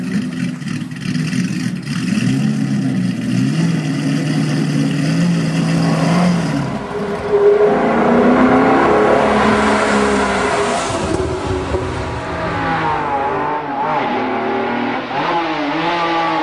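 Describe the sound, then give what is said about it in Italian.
Engines of early-1960s sports cars, a 1961 Aston Martin DB4 GT, a 1961 Maserati 5000 GT, a 1962 Ferrari 250 GT and a Chevrolet Corvette, roar continuously: a deep steady rumble that shifts into higher, rising revs with wavering pitch as the cars accelerate, loud throughout with no voices. “I ruggiti di motore che abbiamo ascoltato appartengono a vetture che hanno segnato buona parte dell'automobilismo italiano dei primi anni 60.”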